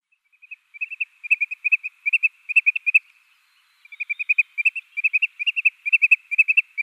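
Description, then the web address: Wood Sandpiper display calls: two long bursts of quick, clipped whistled notes on a steady high pitch, briefly broken by a pause, with faint scattered higher notes. Display flight. "Schulze Peter Wood Sandpiper displayflight"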